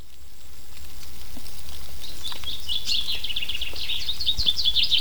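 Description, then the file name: Common chaffinch sounding a quick run of high, sharp chirps that builds over the last few seconds, with constant low background rumble and light ticking patter. "Fringilla coelebs"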